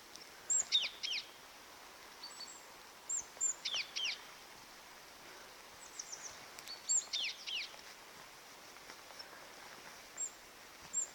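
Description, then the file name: Great tit giving short bursts of downslurred notes about every three seconds, with thin very high notes in between and steady background hiss. "Parus major"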